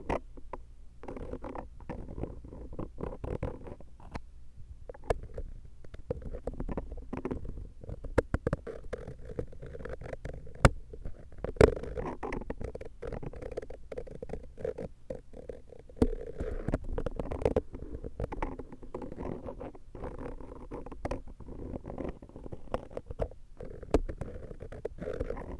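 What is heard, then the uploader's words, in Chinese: A close, muffled ear massage fills the clip with a continuous low, rubbing rumble. Frequent soft crackles and sharper clicks break through irregularly, a few louder ones around the middle and near the end. The texture stays dense and dark throughout, with little brightness. 耳內按摩 ( 左 )。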